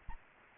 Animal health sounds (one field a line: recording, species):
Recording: mosquito wingbeat signal from an infrared sensor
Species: Aedes aegypti